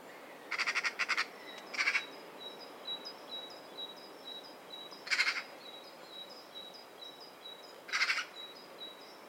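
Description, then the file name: Eurasian magpie giving a harsh rattling chatter near the start, then three short rasping bursts spaced a few seconds apart, with thin high notes from another bird running underneath. "Pica pica"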